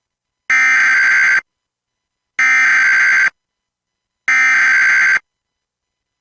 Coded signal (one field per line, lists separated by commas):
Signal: Emergency Alert System (SAME) tones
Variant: header bursts